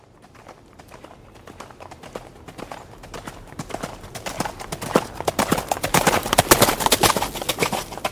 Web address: horse trot gravel